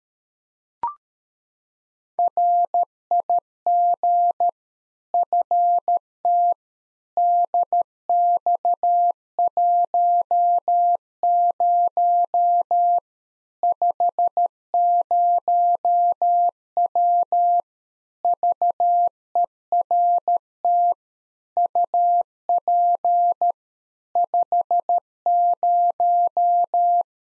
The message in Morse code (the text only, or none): RIG FT DX10 50W VERT UP 50